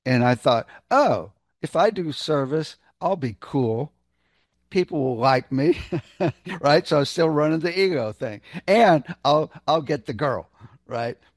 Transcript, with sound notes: and I thought, "Oh, if I do service, I'll be cool. People will like me." (laughs) Right? So I was still running the ego thing. "And I'll, I'll get the girl," right?